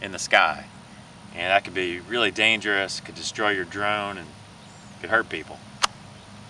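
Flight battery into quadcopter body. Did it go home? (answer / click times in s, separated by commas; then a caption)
yes / 5.8 s. A flight battery is pushed into the body of a DJI Phantom 3 quadcopter drone. It has to click fully into place, because a battery that is pushed in far enough to get power but isn't locked can fall out in flight. Someone talks, then a sharp click at 5.8 seconds marks the battery seating and locking in.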